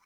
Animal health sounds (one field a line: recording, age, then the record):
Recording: pig call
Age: piglet (1 to 25 days)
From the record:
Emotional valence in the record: positive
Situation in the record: reunion after long isolation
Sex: male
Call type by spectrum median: low-frequency call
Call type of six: low-frequency tonal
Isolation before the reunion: 8 minutes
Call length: 0.06 s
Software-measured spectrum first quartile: 1132 Hz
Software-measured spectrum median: 2095 Hz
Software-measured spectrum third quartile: 4261 Hz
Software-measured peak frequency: 1003 Hz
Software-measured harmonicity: 3.0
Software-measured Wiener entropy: -2.02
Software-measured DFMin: 929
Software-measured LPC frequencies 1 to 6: 1038, 1387, 2261, 4095, 5348, 6047 Hz